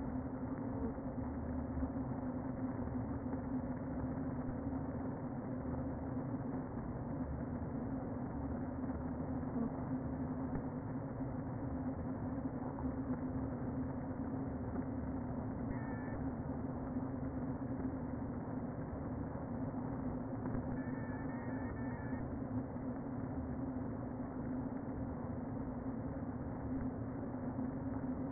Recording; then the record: honeybee colony, microphone inside the hive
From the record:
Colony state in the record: queen present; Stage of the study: before two queens were removed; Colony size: about 60,000 bees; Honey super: yes